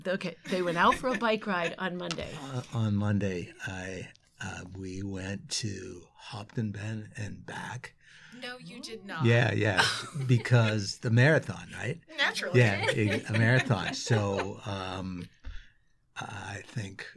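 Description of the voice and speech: Adult man with aphasia after a stroke that left his right side weak, a participant in an intensive comprehensive aphasia program, in conversation with an interviewer. His speech comes in short, halting phrases with repeated words, filled pauses and silent gaps as he recounts a bike ride. Aphasia.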